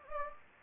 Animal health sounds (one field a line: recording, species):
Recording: mosquito wingbeat signal from an infrared sensor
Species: Anopheles gambiae